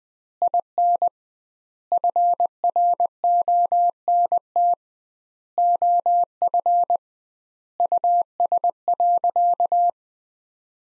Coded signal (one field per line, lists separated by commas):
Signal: Morse code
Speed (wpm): 20 wpm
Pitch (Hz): 700 Hz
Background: none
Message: IN FRONT OF US.